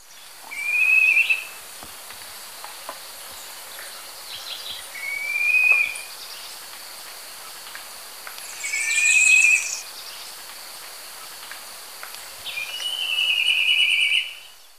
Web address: Natures Songs S America Birds of Ecuador Spotted Woodcreeper